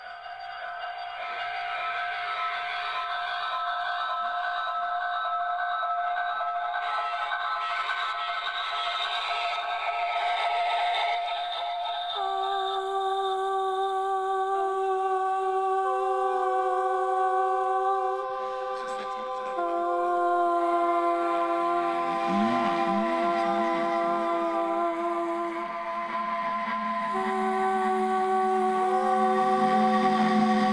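Layered echoes pile up into a huge feedback howl. Sustained whistling tones stack at several pitches, thickening after about twelve seconds into a dense, ringing chord, with a wavering lower tone sliding in around twenty-two seconds while the whole stays loud and unbroken.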